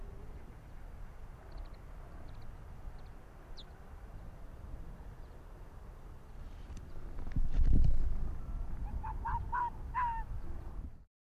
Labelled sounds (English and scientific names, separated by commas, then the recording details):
Arctic Fox (Vulpes lagopus)
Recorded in the wild
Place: Insel Mednyi, Kommandeur-Inseln, RU
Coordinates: 54.5167, 168.083
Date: 1999-07-28 19:02
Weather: 13°C, Nebel, leichter Wind aus Nordwest
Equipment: Sony WM-D6C, Sennheiser ME 80, K 30 AV, Windkorb, Kopie Tascam DA 30
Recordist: Jakupi, Antje